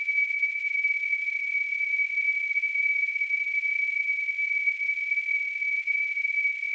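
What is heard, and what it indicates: Simulated tonal tinnitus: a steady, continuous high-pitched pure tone near 2.2 kHz, with faint hiss above it, unchanging throughout.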